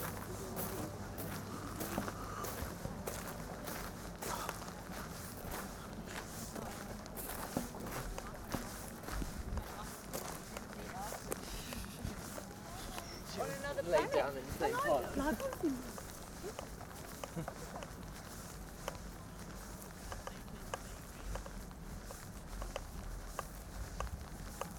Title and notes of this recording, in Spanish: Caminata Nocturna Glastonbury. Caminando desde el gran letrero que dice GLASTONBURY junto al Park Stage hasta mi carpa.